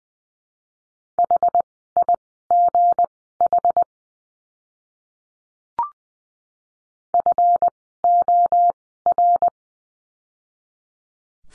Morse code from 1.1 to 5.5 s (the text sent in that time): HIGH